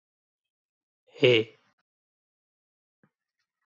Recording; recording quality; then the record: sustained vowel as in made; excellent, no background noise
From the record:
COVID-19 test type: RT-PCR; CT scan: not taken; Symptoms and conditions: cough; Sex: male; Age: 31 years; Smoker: no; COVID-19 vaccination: both doses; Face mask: not worn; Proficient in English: yes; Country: India